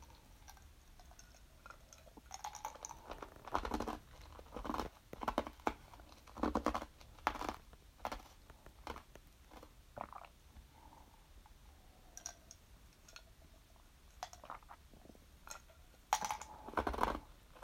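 Tea being sipped and ice being crunched, with irregular crackling bites, clinks and soft slurps throughout.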